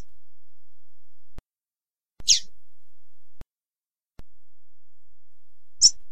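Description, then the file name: Double-collared seedeater calling two brief, high, thin chirps about three and a half seconds apart amid faint clicking. Female bird. "canto da coleirinha femea"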